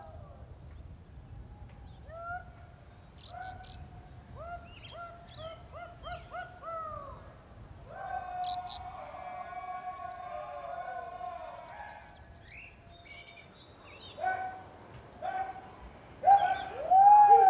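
Shepherds shout across open fields to drive sheep toward a farm, with a steady low rumble of wind underneath. A quick run of short, wavering calls comes around the fourth to seventh seconds, then longer, drawn-out cries near the eighth to eleventh. Louder calls rise toward the end.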